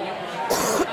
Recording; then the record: coughing mixed with background sound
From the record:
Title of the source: 31 night wet cough